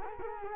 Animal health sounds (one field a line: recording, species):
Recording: mosquito wingbeat signal from an infrared sensor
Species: Culex quinquefasciatus